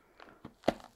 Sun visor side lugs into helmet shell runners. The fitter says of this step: click that in place